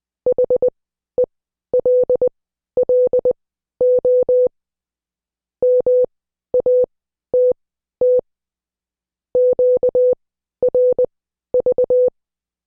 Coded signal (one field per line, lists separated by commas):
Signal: Morse code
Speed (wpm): 20 wpm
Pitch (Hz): 500 Hz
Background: none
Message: HELLO MATT QRV